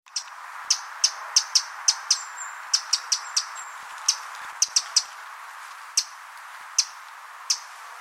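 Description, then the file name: Eurasian wren giving sharp, dry ticking calls, a loose irregular series of many notes, with a steady broad hiss in the background. "Troglodytes troglodytes"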